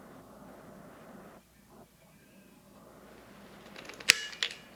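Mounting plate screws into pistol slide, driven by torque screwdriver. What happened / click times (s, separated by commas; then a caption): The torque driver clicked at its set torque / 4.1 s, 4.4 s. Mounting plate screws on a pistol slide are tightened with a torque screwdriver after being snugged. A low steady background gives way to faint small ticks from about 3.8 s, then the torque screwdriver clicks sharply at its preset torque at 4.1 s and again at 4.4 s, confirming the screws are torqued.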